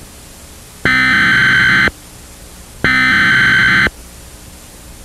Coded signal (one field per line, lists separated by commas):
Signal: Emergency Alert System (SAME) tones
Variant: header bursts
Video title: EAS Scenario: La Tormenta De Ranchos (1999)